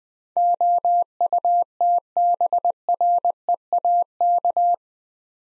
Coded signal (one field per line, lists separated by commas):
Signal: Morse code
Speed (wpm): 21 wpm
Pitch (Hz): 700 Hz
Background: none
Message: OUTBREAK